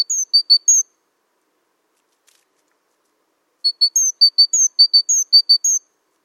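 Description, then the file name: Great tit: a short run of high clear notes, then quiet, then a longer series of paired level notes and higher downslurred notes. "Parus major"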